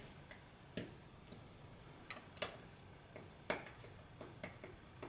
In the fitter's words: and push until they click